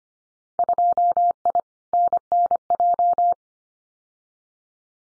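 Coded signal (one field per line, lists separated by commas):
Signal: Morse code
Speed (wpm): 25 wpm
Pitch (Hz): 700 Hz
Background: none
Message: 2I NNJ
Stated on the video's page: Morse head-copy drill of randomly chosen Winter Field Day contest exchanges at 25 wpm, each sent, spoken, then sent again.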